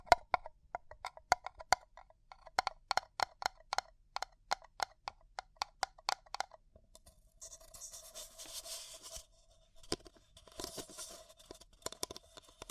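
A paper cup is tapped and flicked in quick sharp clicks for six seconds, then scratched and crinkled in bright rustling bursts.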